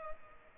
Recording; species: mosquito wingbeat signal from an infrared sensor; Culex pipiens